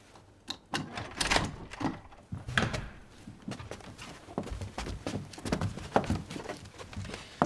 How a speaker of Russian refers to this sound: Елена открывает двери. Входят 3 женщины. Соседки.